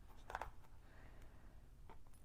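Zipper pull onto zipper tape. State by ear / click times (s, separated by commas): seated / 0.3 s, 0.4 s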